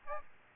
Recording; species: mosquito wingbeat signal from an infrared sensor; Aedes aegypti